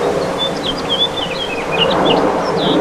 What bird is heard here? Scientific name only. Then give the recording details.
Haemorhous mexicanus. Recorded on Long Island, New York, on 2 June 2012. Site CP. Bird D